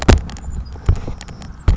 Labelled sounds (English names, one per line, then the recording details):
Savannah Sparrow
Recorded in Sonoma County, California